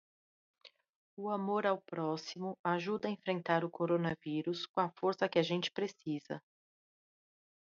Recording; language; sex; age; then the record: spoken sentence; Brazilian Portuguese; female; 30 to 39 years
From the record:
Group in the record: control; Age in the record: 39 years